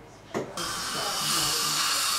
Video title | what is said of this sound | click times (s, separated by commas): Impression taking and temporising using maryland bridge for an implant retaining crown | We should hear a little click just when it's come off, which it has now. Yeah, I hear that. | 0.3 s, 0.6 s